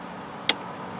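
A plastic clip on a Ford/Mazda coolant reservoir is pushed into its mount until it snaps, giving one sharp, bright click at 0.5 s over a low steady background hum. The clip is seated, and someone talks right after to confirm it.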